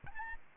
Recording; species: mosquito wingbeat signal from an infrared sensor; Aedes albopictus